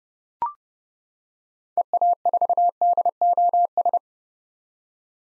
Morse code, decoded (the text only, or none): EA4DOS